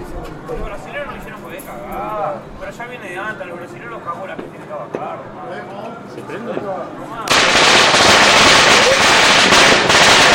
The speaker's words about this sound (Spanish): Y estos son realmente 100% nacionales estos fuegos artificiales. Son los que quedaban de zigzag.